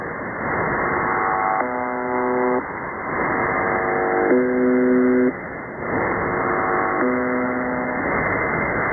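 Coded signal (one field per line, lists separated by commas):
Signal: channel marker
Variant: buzzer type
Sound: about five one-second low harmonic buzzes repeating over hissy shortwave static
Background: radio static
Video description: could that be the reason that they are now are transmitting on 4810 ? : location is apparently near Changdu in China. it looks stronger also as the old MDZhB (Russian: МДЖБ)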